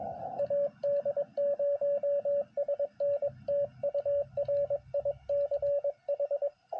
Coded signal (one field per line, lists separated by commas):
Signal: Morse code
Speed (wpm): 22 wpm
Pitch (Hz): 570 Hz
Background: radio noise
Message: AD0SN TU RICH